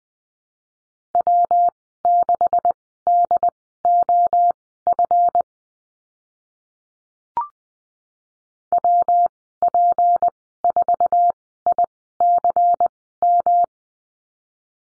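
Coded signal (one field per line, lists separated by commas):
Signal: Morse code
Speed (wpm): 20 wpm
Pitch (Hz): 700 Hz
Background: none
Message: W6DOF WP4ICM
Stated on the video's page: Morse code course lesson on the letter P with call signs, Farnsworth speed 20/10 wpm.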